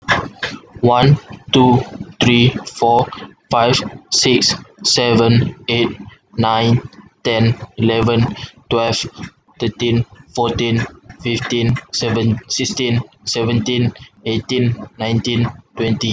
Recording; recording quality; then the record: counting at a normal pace; excellent, no background noise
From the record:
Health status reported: healthy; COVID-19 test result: not tested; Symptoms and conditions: none ticked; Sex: male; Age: 22 years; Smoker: not ticked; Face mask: worn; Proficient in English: yes